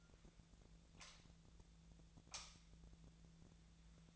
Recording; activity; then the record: daily activity, microphone in the room; light on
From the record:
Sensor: 3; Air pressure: 1009.7 hPa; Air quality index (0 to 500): 190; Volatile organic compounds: 15 ppm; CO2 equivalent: 2482 ppm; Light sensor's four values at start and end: 38/95/41/43 and 45/117/49/51